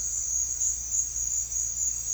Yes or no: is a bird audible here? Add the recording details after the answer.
no. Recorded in pastures near Puerto Asís, Putumayo, Colombia, on 4 March 2025 at 17:00. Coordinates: 0.502, -76.324. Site GP07